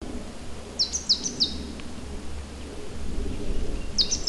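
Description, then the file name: Great tit uttering clusters of quick, high, clipped notes, a pause, then another group, over a constant low rumble. "Parus major"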